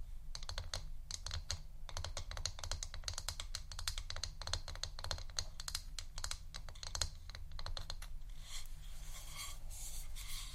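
Rapid tapping on what sounds like a computer keyboard, with dense, fast clicks that come in bursts and brief pauses. A steady low hum runs underneath throughout. Near the end the clicking thins out and gives way to softer, brighter scratchy rustling.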